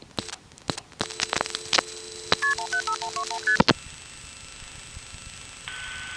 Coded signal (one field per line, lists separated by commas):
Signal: multi-frequency trunk signalling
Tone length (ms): 80 ms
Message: KP15121ST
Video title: Vintage Telephone Network Sounds part 1, 1971-81